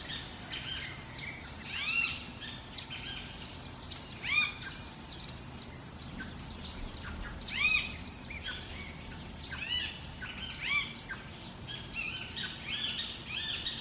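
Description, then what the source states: Parrot calls: several loud arched squawks with stacked harmonics at irregular intervals, over a dense chorus of high chirping birds. Jungle ambience.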